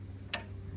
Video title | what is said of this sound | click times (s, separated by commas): Archery: How To Load Your Arrow On The Bow In 4 Simple Steps | okay there's that little click noise number three is really important so watch this you | 0.3 s